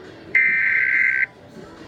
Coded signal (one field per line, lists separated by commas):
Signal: Emergency Alert System (SAME) tones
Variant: header bursts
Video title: EAS #76 Illinois Communications Drill